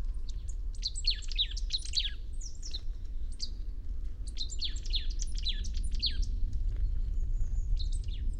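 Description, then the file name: Marsh tit calls: clusters of bright, high notes that slide downward, repeated in short groups with brief pauses, over constant low background noise. "Poecile palustris"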